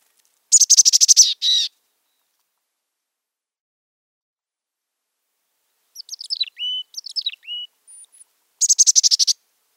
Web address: Mountain Chickadee